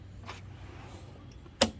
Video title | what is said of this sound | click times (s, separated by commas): 2022 Ford Maverick Bed Winch Install | There we go. So now it locks into place. | 1.6 s